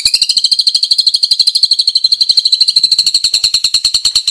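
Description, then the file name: White-rumped shama holding a continuous fast, buzzy, high rattle of rapidly repeated harsh notes throughout. Bornean crowned (mahkota) variety of white-rumped shama; harsh calls (suara kasar). "Suara kasar burung murai batu borneo mahkota"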